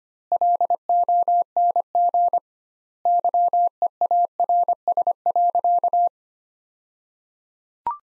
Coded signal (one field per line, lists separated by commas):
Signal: Morse code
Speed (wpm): 25 wpm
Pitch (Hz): 700 Hz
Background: none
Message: LONG YEARS.